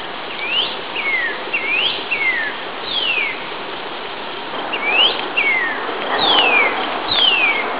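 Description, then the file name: Northern cardinal song of clear slurred whistles, upward sweeps paired with falling slurs, given in several phrases against steady background noise. "cardinal"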